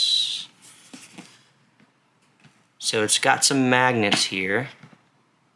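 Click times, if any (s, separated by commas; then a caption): none. The magnetic lid closure on a cardboard collector's lunch box packaging is handled, with a brief hissy rustle at the start and faint light taps around 0.9, 1.2, 1.8 and 2.4 seconds. Someone then talks from about 2.8 to 4.7 seconds. The lid has not snapped shut yet and nothing has clicked.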